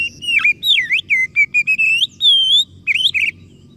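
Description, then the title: Oriental magpie-robin in continuous song, a fast string of varied whistles, downslurs and a long steady high note, with a low rumble underneath. Masteran (training recording) meant to provoke kacer into gacor (full, active singing); described as successful, the bird going on to become a contest champion. "Masteran Kacer Yang Sukses Memancing Kacer Gacor Sampai Jadi Juara"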